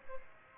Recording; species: mosquito wingbeat signal from an infrared sensor; Aedes aegypti